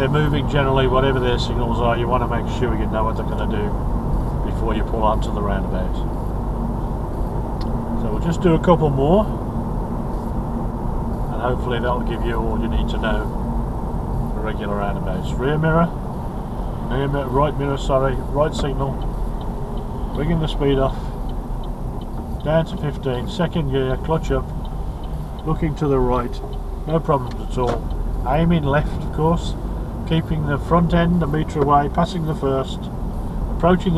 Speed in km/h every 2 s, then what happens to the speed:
40, 40, 39, 39, 40, 40, 39, 37, 34, 32, 29, 21, 18, 15, 18, 21, 21.
0-14 steady at about 39. 14-25 slows to 15. 25-34 steady at about 18.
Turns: none.